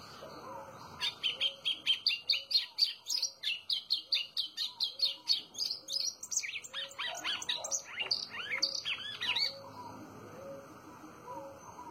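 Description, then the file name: White-throated seedeater singing a long, rapid series of high, buzzy notes. These become more varied and twittering toward the end. Soft lower whistles from other birds are in the background. "canto do golinho"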